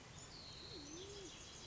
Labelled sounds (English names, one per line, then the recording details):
Band-tailed Pigeon
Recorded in Sonoma County, California